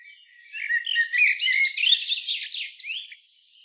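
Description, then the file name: Common blackbird with a continuous, scratchy, high-pitched twitter of rapid squeaks and chirps, lasting about two and a half seconds. "Turdus merula"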